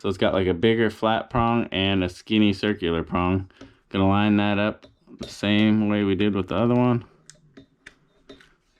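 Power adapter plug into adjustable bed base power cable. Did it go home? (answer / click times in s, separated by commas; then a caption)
yes / 7.9 s. Someone talks while lining up a keyed power adapter plug, with one bigger flat prong and one skinny round prong, to the power cable connector of an adjustable bed base. After the talking stops, a few small clicks and handling sounds follow, and the plug snaps into the connector at 7.9 s with no lock ring, fully seated.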